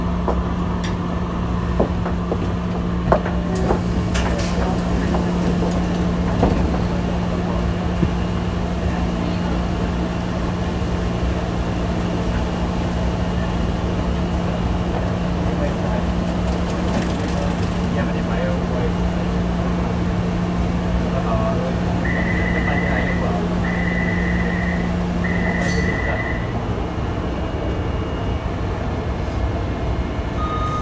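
A commute on the Taipei metro from Taipei Main Station: a steady, dense train rumble fills the whole recording, with a low hum held until about 26 seconds. Voices murmur underneath, and a short series of beeps sounds between 22 and 26 seconds.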